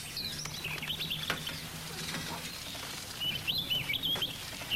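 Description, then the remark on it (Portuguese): A small bird chirps as it is released, in quick, high warbling bursts, pausing midway and then resuming with a brighter run of rapid notes over a soft, steady background hum. “Vai, passarinho. Você, como as crianças, também tem o direito à liberdade.”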